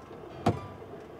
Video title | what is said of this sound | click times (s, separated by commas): Это автодом за 305 ТЫСЯЧ! | Look, until it clicks, one, and it's tight. | 0.5 s